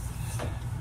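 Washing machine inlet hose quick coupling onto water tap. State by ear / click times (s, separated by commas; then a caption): not seated / none. A washing machine's water inlet hose quick coupling is handled at the water tap outlet, giving a steady low rumble with a faint brief rustle near 0.4 s. The clip ends before the connector goes home, and nothing has seated or clicked yet.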